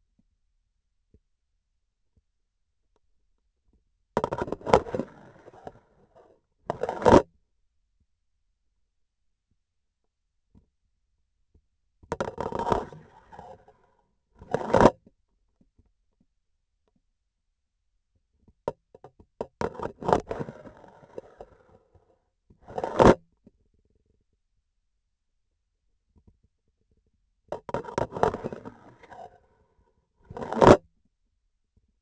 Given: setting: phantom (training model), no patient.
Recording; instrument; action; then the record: laparoscopic instrument, vibration sensor on the handle end; grasping forceps; insertion and removal through the trocar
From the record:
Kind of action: spatial motion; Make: other than Olympus